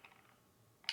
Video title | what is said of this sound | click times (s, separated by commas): Milwaukee M12 Cordless Dremel Tool Review | yes that's what we want right so you press n to clicks and then you're gonna | 0.9 s